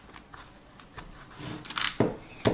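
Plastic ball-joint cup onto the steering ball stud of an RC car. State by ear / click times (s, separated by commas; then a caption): not seated / none. A plastic ball-joint cup is handled and pressed toward the steering ball stud while assembling bag E of a 2016 Kyosho Optima RC car kit. Faint rustling and light plastic ticks build to brief sharp handling taps around 1.8 s and 2.5 s. Nothing has seated or clicked yet.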